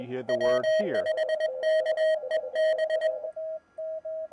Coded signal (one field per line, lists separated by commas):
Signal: Morse code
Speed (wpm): 21 wpm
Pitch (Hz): 1900 Hz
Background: speech, radio noise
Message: W5KEB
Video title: Hamm'n Around - HT Battery Build, et.al.